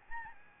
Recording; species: mosquito wingbeat signal from an infrared sensor; Aedes albopictus